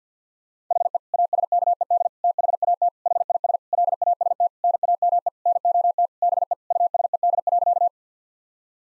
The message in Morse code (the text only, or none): HE ASKED THAT HIS LAST NAME NOT BE USED.